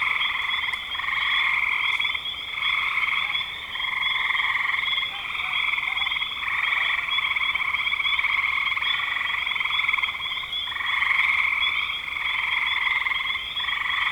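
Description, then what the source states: Frog chorus of many overlapping rattling trills, a continuous pulsing sound that swells and fades in waves. Recorded in spring 2025.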